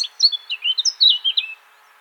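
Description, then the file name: Eurasian blackcap giving a short burst of song, a run of clear fluty whistles that step downward, then silence. "Sylvia atricapilla"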